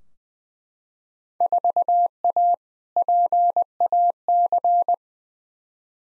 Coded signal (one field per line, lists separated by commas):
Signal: Morse code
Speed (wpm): 20 wpm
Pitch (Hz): 700 Hz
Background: none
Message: 4A PAC